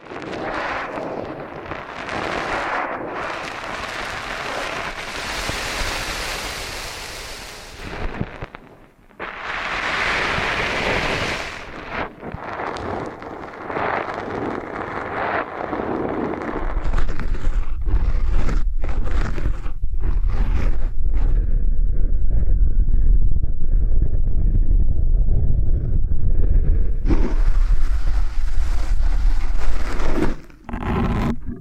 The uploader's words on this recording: ASMR Intense Ear Stimulation Ear Cleaning, Kinetic Sand, Piercing Sounds (No Talking).